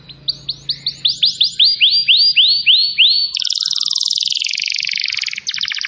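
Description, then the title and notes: Canary song: a run of upswept chirps, then a dense buzzy trill, closing with a rolling rapid trill. Song used as a lure to attract birds. "Pikat Burung Baru. kenari"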